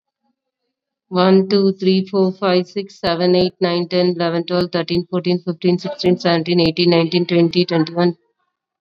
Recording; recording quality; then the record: counting at a fast pace; excellent, no background noise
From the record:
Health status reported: COVID-19 positive, mild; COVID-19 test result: positive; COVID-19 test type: rapid antigen test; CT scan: not taken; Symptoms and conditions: cold, fever, diabetes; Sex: female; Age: 39 years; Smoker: no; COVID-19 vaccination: both doses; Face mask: worn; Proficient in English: yes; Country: India